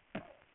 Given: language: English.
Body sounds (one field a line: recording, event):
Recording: throat vibration sensor signal played as sound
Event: cough